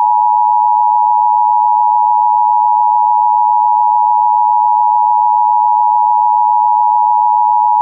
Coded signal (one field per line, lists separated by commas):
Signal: Emergency Alert System (SAME) tones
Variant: 853 and 960 Hz attention tone